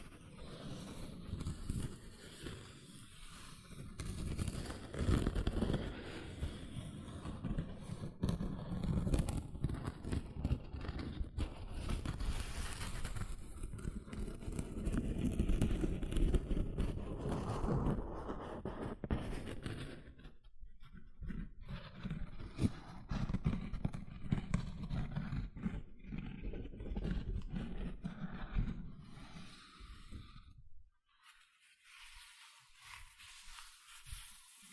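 Gentle scratching goes on in a dense, rough stream for about thirty seconds, mostly low and grainy with frequent small clicks and scrapes. The texture shifts in intensity, thinning briefly near twenty seconds, then stops abruptly around thirty-one seconds, leaving near silence.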